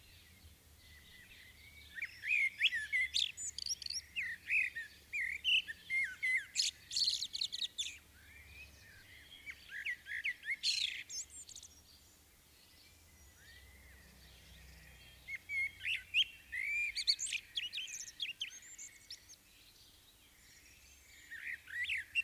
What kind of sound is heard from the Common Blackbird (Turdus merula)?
song